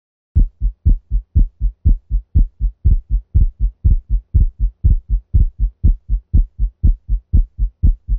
Heartworm disease and subsequent pulmonary hypertension is probably the most common cause of persistent splitting of S2 in dogs. 120 beats per minute.